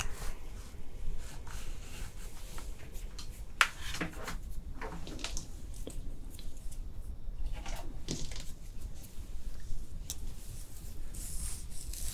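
Hair being brushed and styled, with a steady soft rustling that fills the whole stretch. Short bright strokes and clicks break through every second or so, sharper ones near 3.6, 8 and 10 seconds, over a low constant rumble.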